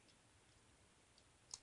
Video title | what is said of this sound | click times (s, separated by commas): Transformers prime beast hunters optimus prime | and then snap in | 1.5 s